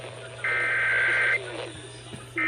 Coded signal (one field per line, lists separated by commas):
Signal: Emergency Alert System (SAME) tones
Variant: header bursts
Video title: February 2026 TN Required Monthly Tests [EAS #158-162]